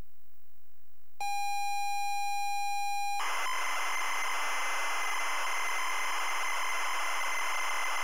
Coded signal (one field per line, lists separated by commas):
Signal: ZX Spectrum tape loading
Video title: ZX Spectrum Where Time Stood Still